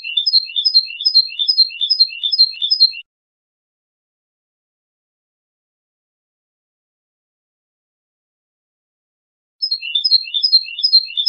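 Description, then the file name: European goldfinch song: a rapid chain of repeated tinkling chirp phrases for about three seconds, a long silent gap, then the same phrase series resumes. "audio burung goldfinch"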